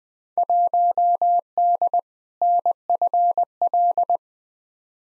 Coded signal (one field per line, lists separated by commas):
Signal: Morse code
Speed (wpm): 20 wpm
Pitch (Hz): 700 Hz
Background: none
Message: 1D NFL